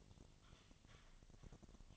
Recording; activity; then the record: daily activity, microphone in the room; typing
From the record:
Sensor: 4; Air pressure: 1000.0 hPa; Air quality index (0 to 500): 230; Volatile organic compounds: 30 ppm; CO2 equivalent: 2967 ppm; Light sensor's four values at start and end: 9/21/8/8 and 9/21/8/8